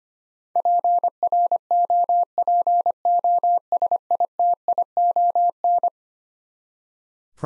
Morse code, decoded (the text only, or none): PROPOSITION